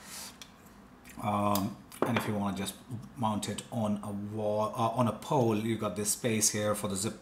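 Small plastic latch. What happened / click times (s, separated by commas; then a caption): The plastic bracket latch snapped open / 0.4 s. The small release tab on the plastic pole/wall mounting bracket of a TP-Link EAP225 outdoor Wi-Fi access point is pulled, and the latch pops open with a short, sharp click at 0.4 s, unlocking the bracket. Someone then talks for the rest of the clip.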